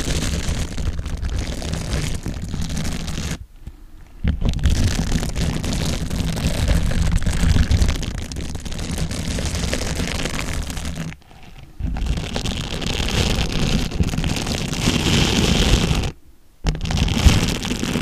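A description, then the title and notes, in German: Scrubber gloves rub with a dense, rough, scratchy sound that runs nearly without break, full with plenty of low rumble and bright hiss. The scrubbing stops briefly three times, around 3.5, 11 and 16 seconds, then resumes. SCRUBBER GLOVES. Kratzige Geräusche des Scrubbers.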